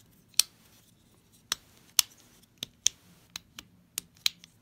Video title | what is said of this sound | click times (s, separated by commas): Coyote Reaper Predator Light | hear it lock into all those different positions so you can adjust this any way you want on the | 0.4 s, 1.5 s, 2.0 s, 2.9 s, 4.0 s, 4.3 s